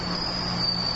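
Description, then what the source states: Bell cricket song, a continuous high-pitched ringing tone with a faint low hum beneath. Recorded 29 August 2015 alongside morning glories.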